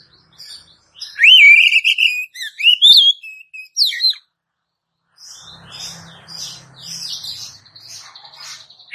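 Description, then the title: Oriental magpie-robin singing loud, bending whistled phrases for about three seconds, then after a short gap a run of scratchy, chattering notes over a faint low hum. "Kacer"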